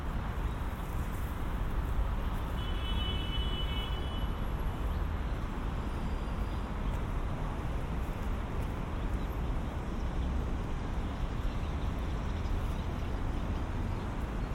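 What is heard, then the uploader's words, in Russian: A steady, dense roar of a car ride, heavy in the low end and unchanging in level for the whole stretch. Around the third second a brief thin whine rises above the rumble, and a faint high squeak passes near the fourth. 3D прогулка по Сочи.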